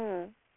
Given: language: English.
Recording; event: throat vibration sensor signal played as sound; speech